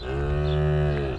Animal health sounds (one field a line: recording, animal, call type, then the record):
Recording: contact call of a hoofed animal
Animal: cattle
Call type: low-frequency (closed-mouth) or high-frequency (open-mouth) call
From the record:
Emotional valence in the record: negative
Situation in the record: full separation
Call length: 1.19 s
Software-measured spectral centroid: 1430 Hz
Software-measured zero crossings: 770 a second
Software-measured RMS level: -24 dBFS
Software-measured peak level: -14 dBFS